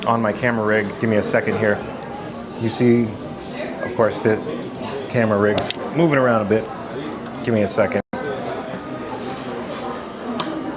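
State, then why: Seated. A pocket gimbal camera is slid into the quick release mount on a camera rig while someone talks, and the rig moves around a bit. A short, sharp click at 10.4 s marks the camera locking into the quick release mount.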